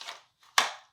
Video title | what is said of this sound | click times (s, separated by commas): Concealed Carry Positions: How To Carry And Why Updated | you can hear that click as it clicks right in i can make any adjustments i need | 0.6 s